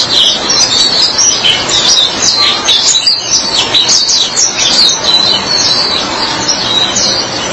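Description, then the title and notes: White-eye singing a restless, high jingle of rising and falling notes, with a soft hiss underneath. Chirping song. "Suara kicauan burung pleci"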